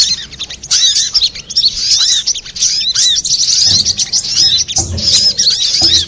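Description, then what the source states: Little spiderhunter song, a continuous stream of shrill, high chirps and looping whistled notes delivered fast and almost without break. Master recording for training cage birds, labelled Labaik.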